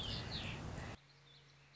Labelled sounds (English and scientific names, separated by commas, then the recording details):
Warbling Vireo (Vireo gilvus)
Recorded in Sonoma County, California